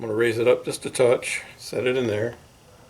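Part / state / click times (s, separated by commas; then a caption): brass tube fuel fitting into fuel injector spider port / not seated / none. A home-made brass tube fuel fitting, with a soldered copper-wire bead as its flange, is raised slightly and set into the fuel port of an injector spider assembly while someone talks. No sudden sounds stand out over the speech. Nothing has seated or clicked yet.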